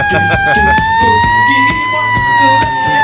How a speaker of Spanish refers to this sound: Así es, suenan las sirenas.